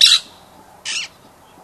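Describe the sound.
Rose-ringed parakeet giving two harsh, screechy squawks, the first short and loud, the second about as long and softer, against a quiet background.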